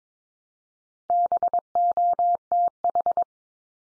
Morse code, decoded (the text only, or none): BOTH